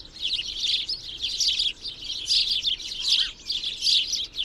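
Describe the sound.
Bird gives bright, jangly chirp phrases in repeated bursts, with brief dips between.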